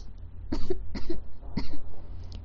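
Three short, sharp coughs from an adult woman in quick succession over about a second, with a low steady hum behind them.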